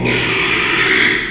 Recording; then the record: squeal of a Yucatan mini pig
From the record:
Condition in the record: after surgery on the right vocal fold (resection and tissue-engineered implant); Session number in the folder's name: 1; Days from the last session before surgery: 6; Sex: male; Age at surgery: 12 weeks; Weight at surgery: 13 kg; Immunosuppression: cyclosporine, prednisolone